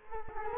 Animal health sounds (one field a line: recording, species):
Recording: mosquito wingbeat signal from an infrared sensor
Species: Culex quinquefasciatus